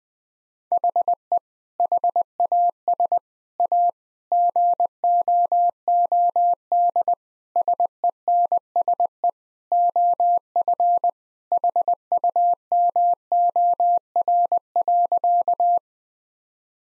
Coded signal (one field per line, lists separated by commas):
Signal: Morse code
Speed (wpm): 20 wpm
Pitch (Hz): 700 Hz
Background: none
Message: HE HAS A GOOD SENSE OF HUMOR.